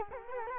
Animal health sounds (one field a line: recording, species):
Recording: mosquito wingbeat signal from an infrared sensor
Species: Culex quinquefasciatus